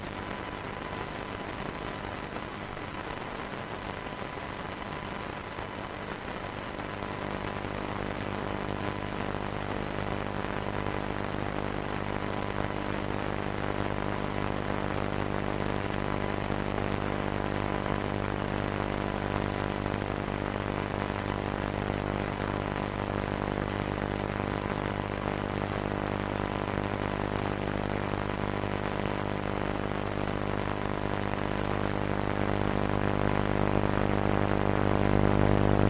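Radio interference: a steady hiss overlaid with many fixed, evenly spaced whining tones stacked from low to high. Around seven seconds the buzzing tones lock in and thicken, and the whole noise grows slowly louder toward the end without any breaks.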